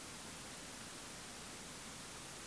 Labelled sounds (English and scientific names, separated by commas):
none